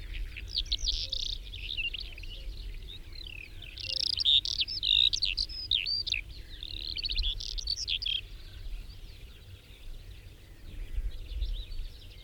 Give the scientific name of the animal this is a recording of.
Melanocorypha calandra